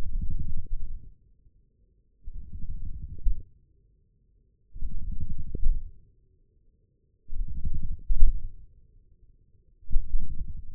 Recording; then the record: forearm muscle sounds (acoustic myography)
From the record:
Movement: wrist flexion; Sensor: system 1, eight BSWA MPA416 microphones around the upper forearm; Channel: 8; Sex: male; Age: 20 years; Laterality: left